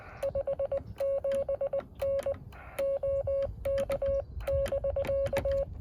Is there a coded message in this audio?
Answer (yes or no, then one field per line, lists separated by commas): yes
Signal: Morse code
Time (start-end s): 0.2-5.6 s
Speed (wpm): 20 wpm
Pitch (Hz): 550 Hz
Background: none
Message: 57N OK <BK>